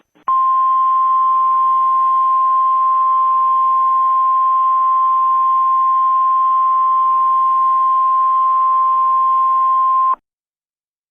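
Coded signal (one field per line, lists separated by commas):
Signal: Emergency Alert System (SAME) tones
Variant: 1050 Hz attention tone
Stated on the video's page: Fictional EAS alert scenario set in the Just Cause 3 game world, not a real activation.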